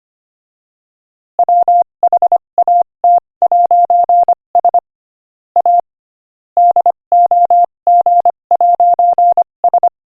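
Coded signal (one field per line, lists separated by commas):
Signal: Morse code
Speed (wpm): 25 wpm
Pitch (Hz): 700 Hz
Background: none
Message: WHAT'S A DOG'S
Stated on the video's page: Morse code practice sent at 25 wpm.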